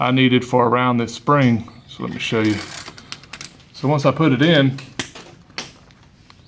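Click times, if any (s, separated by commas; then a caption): 5.6 s. A steel hex nut used as a cable stop is pushed into the end of a coil spring on a swing-down tire carrier for a 1966 Ford Bronco while someone talks. A cluster of small metallic clicks comes around 3.0–3.4 s. A sharp snap at 5.6 s marks the nut seating in the spring as intended.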